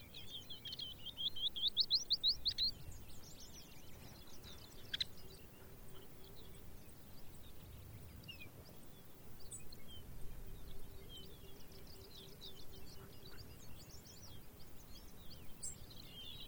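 Birds call over a steady low rumble of wind or ambient noise. A bright rising trill stands out near the start, around one to three seconds, followed by scattered high chirps and short phrases throughout. A faint steady hum drifts in and out.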